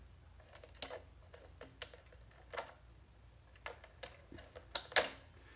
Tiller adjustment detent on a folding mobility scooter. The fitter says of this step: it allows me to adjust did you hear that click we're going to do that one more time clicks